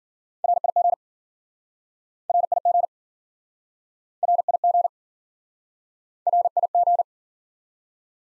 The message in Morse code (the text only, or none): RIG RIG RIG RIG